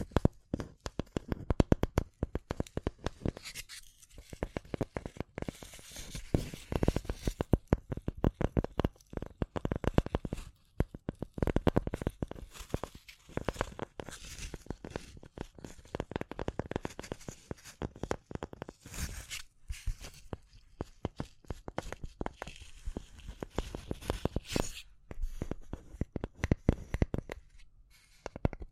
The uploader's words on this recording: ASMR Relaxing Tapping & Scratching Rode Mic Test (No Talking).